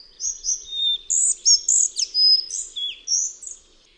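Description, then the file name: Collared flycatcher song: a high, varied run of squeaky whistles and scratchy notes, some dropping sharply in pitch, lasting about three seconds. "MUCHOLOWKABIALOSZYJA"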